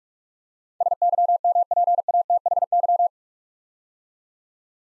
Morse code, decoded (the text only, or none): SYMPATHY